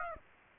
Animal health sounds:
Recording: mosquito wingbeat signal from an infrared sensor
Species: Aedes aegypti

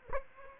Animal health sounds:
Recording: mosquito wingbeat signal from an infrared sensor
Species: Aedes aegypti

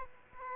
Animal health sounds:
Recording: mosquito wingbeat signal from an infrared sensor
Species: Aedes aegypti

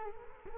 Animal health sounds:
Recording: mosquito wingbeat signal from an infrared sensor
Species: Culex quinquefasciatus

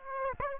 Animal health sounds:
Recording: mosquito wingbeat signal from an infrared sensor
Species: Aedes aegypti

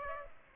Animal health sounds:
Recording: mosquito wingbeat signal from an infrared sensor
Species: Aedes aegypti

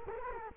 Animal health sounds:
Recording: mosquito wingbeat signal from an infrared sensor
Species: Culex quinquefasciatus

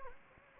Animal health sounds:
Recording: mosquito wingbeat signal from an infrared sensor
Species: Anopheles gambiae

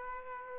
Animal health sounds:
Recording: mosquito wingbeat signal from an infrared sensor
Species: Aedes aegypti

